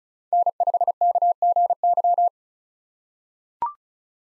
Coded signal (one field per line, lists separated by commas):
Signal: Morse code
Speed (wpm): 36 wpm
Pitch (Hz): 700 Hz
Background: none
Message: N5KGY